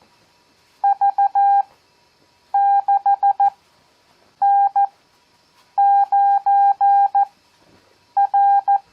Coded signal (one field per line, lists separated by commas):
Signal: Morse code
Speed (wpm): 14 wpm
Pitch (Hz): 800 Hz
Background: none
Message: V6N9R